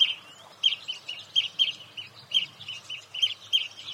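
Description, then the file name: European greenfinch calls: short twittering chirps in small clusters, spaced irregularly, over a faint low hum. "Chloris chloris"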